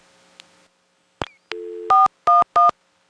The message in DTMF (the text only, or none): 411